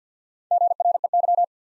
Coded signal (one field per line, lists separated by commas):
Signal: Morse code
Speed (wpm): 50 wpm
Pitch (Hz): 700 Hz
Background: none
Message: GREY